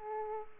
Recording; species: mosquito wingbeat signal from an infrared sensor; Aedes aegypti